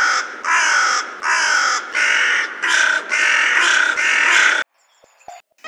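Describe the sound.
Bird calls: a run of loud, harsh, grating notes with brief gaps, followed by faint scratchy sounds.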